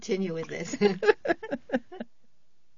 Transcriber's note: they laugh